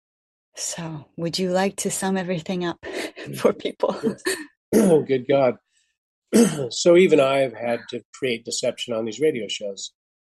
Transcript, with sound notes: So would you like to sum everything up for people? (laughs)
Oh, good God. (clears throat) So even I've had to create deception on these radio shows.